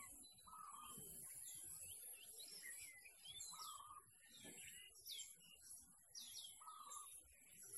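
Birds sing in short chirps and quick sweeping notes, with a lower warbled phrase returning about every three seconds against a high buzzing background.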